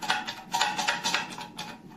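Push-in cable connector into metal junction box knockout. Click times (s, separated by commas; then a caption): 0.1 s, 0.6 s. A push-in plastic cable connector is pushed into the knockout hole of a steel electrical box after the knockout is removed. Sharp clicks are heard at about 0.1 s and 0.6 s among bursts of scraping and rattling. The connector seats and is secure.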